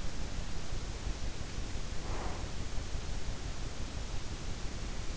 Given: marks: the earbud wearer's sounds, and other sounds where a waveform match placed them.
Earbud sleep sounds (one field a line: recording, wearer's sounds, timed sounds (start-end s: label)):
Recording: sounds in sleep by an in-ear microphone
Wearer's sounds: breath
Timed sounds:
1.72-2.56 s: breath